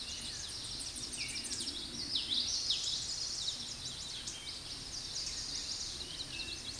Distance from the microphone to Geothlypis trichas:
about 15 m